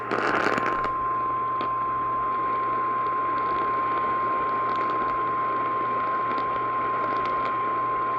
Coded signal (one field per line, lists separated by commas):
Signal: Emergency Alert System (SAME) tones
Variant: 1050 Hz attention tone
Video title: Eas FFW on KLVI 560am Eas#1323